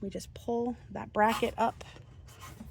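Someone talks while handling the headlight wiring plug, about to push it back over the base of the new headlight bulb on a 2013 Honda Odyssey. After the speech, only quiet handling sounds remain, with a faint brief noise near 2.3 s. Nothing has seated or clicked yet; the clip ends before the plug snaps onto the bulb.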